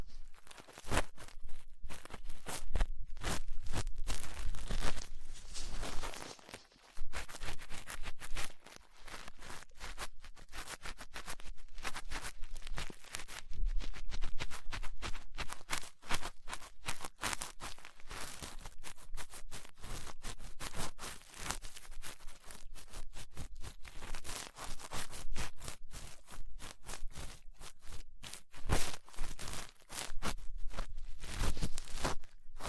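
Ear cleaning with latex gloves, a dental pick and cotton swabs: dense, continuous scratching and rubbing with crisp, bright crackles packed closely together. The texture stays busy throughout, with a brief quieter pause near seven seconds and slightly sparser stretches later.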